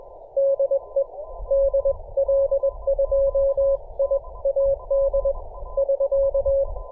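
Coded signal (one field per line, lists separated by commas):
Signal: Morse code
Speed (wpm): 16 wpm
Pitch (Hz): 560 Hz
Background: none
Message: DE DL2IAD <SK>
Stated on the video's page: 30m band operation on a home-built delta loop antenna with a 4:1 balun.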